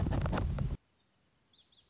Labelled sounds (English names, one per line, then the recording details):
Anna's Hummingbird
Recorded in Sonoma County, California